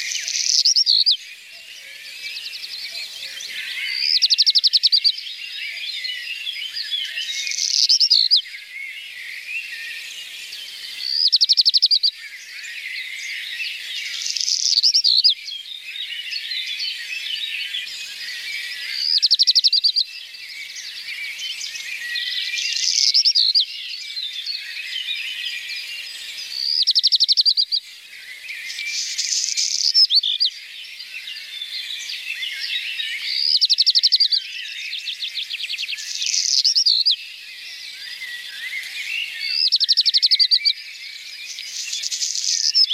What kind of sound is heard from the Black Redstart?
song